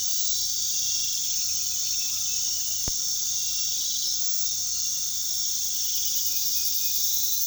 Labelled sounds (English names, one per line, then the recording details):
none
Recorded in pastures near Puerto Asís, Putumayo, Colombia, on 20 February 2024 at 00:30
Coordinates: 0.468, -76.328
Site G6414